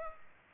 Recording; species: mosquito wingbeat signal from an infrared sensor; Culex pipiens